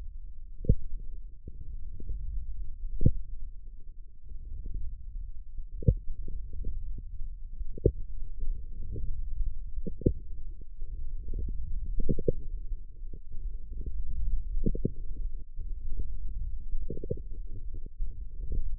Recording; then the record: forearm muscle sounds (acoustic myography)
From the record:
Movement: wrist flexion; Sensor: system 1, eight BSWA MPA416 microphones around the upper forearm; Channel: 6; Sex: male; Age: 18 years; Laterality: right